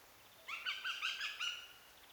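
Eurasian goshawk uttering a short burst of several harsh, nasal cackling notes in quick succession.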